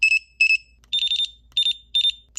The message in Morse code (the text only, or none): none